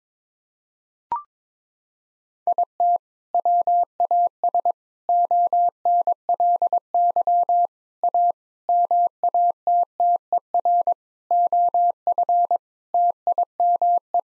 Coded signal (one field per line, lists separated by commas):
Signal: Morse code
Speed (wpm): 21 wpm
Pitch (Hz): 700 Hz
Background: none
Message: IT WAS ONLY A MATTER OF TIME